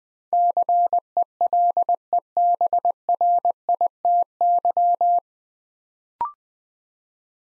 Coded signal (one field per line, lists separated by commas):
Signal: Morse code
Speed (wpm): 20 wpm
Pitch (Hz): 700 Hz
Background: none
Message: CELEBRITY